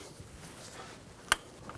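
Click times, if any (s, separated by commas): 1.3 s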